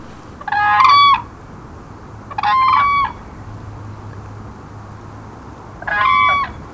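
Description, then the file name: Whooping crane giving three loud, rich calls with strong harmonics, each under a second long, at irregular intervals over a steady background hiss. "crane WCEP"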